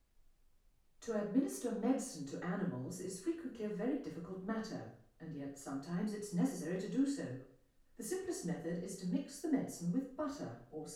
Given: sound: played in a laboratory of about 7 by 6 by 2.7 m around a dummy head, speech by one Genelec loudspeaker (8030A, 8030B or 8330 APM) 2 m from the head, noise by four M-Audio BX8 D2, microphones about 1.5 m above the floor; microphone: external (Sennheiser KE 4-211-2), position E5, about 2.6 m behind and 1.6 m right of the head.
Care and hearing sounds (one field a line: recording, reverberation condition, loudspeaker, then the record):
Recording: female speech in English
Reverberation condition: medium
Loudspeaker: 60 degrees to the right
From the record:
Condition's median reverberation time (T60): about 510 ms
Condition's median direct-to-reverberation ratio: about -0.5 dB